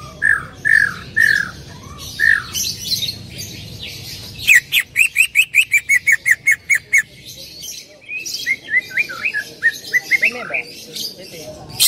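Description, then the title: Greater green leafbird call: a few loud slurred whistles, then a long fast string of clipped chirps, followed by softer rising notes. Female, vocalising intensely and calling to a male. "CUCAK IJO BETINA GACOR HIPER MEMANGGIL JANTAN"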